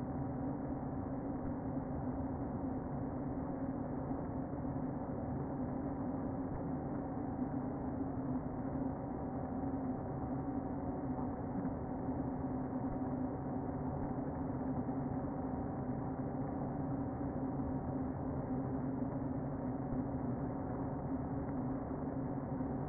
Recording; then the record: honeybee colony, microphone inside the hive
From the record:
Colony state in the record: queen present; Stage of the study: before two queens were removed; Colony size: about 60,000 bees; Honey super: yes